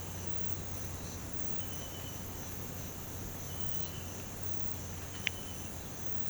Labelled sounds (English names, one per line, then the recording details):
none
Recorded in pastures near Puerto Asís, Putumayo, Colombia, on 12 March 2025 at 06:30
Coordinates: 0.472, -76.329
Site G074